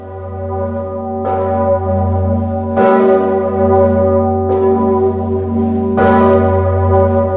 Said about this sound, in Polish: A w południe właśnie z Wawelu zabrzmiał słynny dzwon Zygmunt. W ten sposób wawelscy dzwonnicy oddali hołd papieżowi, pociągając za sznury na jego cześć.